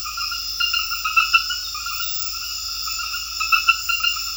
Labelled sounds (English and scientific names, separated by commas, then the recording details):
none
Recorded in secondary vegetation near Puerto Asís, Putumayo, Colombia, on 8 March 2025 at 21:30
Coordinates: 0.498, -76.327
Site G001